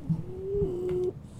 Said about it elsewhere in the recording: If you guys hear that snoring. There's a dog in here. A French bulldog, which is a pretty cool freaking dog, but she's a loud little dog.